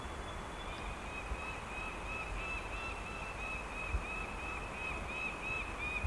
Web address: sound Lanner-falcon. صدای-پرنده-لاچين